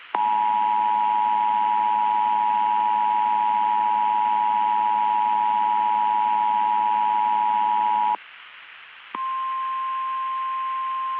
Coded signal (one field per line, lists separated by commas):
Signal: Emergency Alert System (SAME) tones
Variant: 853 and 960 Hz attention tone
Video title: [EAS Scenario / Analog Horror] - Macabre